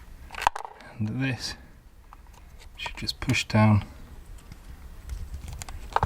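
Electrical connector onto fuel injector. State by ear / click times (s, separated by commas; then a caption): seated / 6.0 s. Someone talks while a plastic Bosch electrical connector is pushed down onto an RC550 fuel injector on a B18C4 Honda Civic EF. Faint handling taps are heard, then a sharp click at 6.0 s as the connector latches and is seated.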